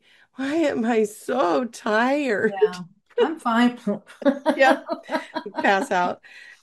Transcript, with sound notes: I'm like, "Why am I so tired?" (laughs)
Yeah. I'm fine. (laughs)
Yeah. Pass out.